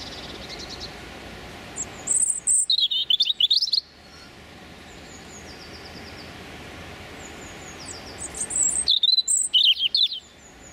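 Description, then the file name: European robin singing two separate bursts of high, liquid warbling and trills, about five seconds apart, with faint higher notes in the quiet gap between. Male singing his territorial song. "European Robin Erithacus rubecula male singing his territorial song"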